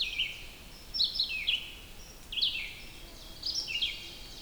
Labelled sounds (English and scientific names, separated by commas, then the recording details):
Red-eyed Vireo (Vireo olivaceus) song
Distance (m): 15 m
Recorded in boreal forest in Alberta, Canada, on 2 June 2016 at 06:39
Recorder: SongMeter 3, array SBT-3-7
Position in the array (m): 117 m, 159 m